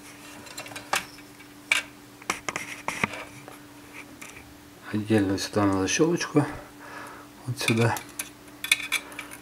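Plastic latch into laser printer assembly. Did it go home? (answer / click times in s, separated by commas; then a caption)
yes / 8.7 s. A small plastic latch is fitted into place while reassembling an HP LaserJet P2055 laser printer, with scattered sharp plastic clicks and taps as someone talks. The latch snaps in and locks with a click at 8.7 s.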